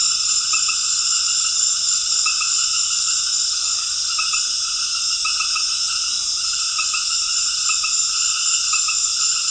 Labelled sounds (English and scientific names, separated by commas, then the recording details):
none
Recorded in dense forest near Puerto Asís, Putumayo, Colombia, on 12 March 2025 at 19:00
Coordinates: 0.484, -76.325
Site G045